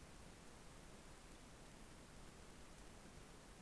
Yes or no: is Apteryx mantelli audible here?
no